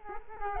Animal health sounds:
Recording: mosquito wingbeat signal from an infrared sensor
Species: Culex quinquefasciatus

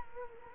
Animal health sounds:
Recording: mosquito wingbeat signal from an infrared sensor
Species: Culex quinquefasciatus

